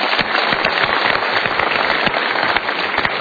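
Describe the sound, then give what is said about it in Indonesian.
An audience claps steadily, a dense, continuous patter of many hands at a fairly loud, even level throughout, with no voices standing out over it. “Untuk itu kita tepuk tangan dulu.”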